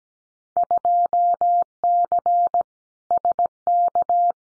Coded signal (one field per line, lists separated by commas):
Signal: Morse code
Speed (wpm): 17 wpm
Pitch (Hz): 700 Hz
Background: none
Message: 2C SK